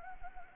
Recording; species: mosquito wingbeat signal from an infrared sensor; Anopheles gambiae